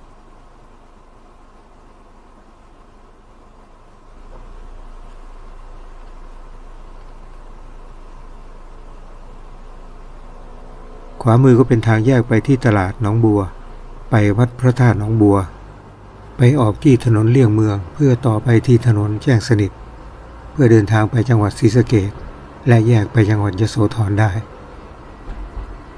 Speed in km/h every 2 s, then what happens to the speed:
0, 0, 0, 0, 0, 0, 0, 6, 17, 24, 27, 31, 33.
0-13 standing. 13-26 pulls away to 33.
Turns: none.